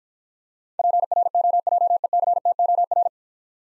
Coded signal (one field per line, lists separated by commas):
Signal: Morse code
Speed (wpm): 50 wpm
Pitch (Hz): 700 Hz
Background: none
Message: PROJECTOR